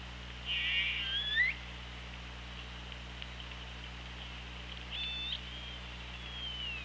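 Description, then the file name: Orca calls, a buzzy pulsed call that ends in an upward sweep, then a shorter tonal call and a faint falling whistle, over steady underwater hiss and low hum. Recorded on an OrcaLab hydrophone underwater, 24 August 2017 at 16:05. "Orca Lab UTLN JASON 20170824 160544"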